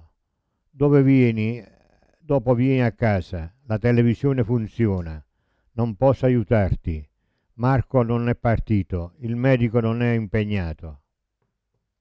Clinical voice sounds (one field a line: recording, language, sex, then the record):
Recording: read phrases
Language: Italian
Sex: male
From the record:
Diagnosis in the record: Parkinson's disease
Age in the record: 70 years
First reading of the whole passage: 65 s, 7.9 characters per second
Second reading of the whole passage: 60 s, 8.6 characters per second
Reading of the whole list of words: 48 s, 5.8 characters per second